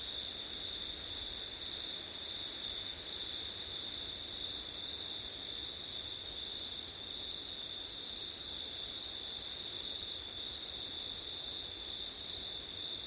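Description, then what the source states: Cricket chorus: continuous high-pitched trilling that never pauses, with a thin higher shimmer. Crickets on a windy September night; ortif recording.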